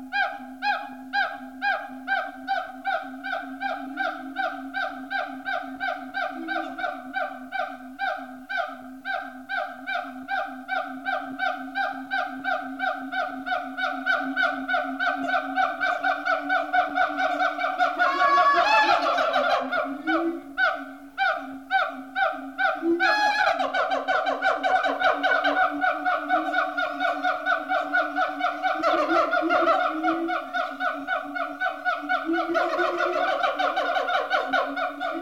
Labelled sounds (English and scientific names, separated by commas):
Siamang (Symphalangus syndactylus)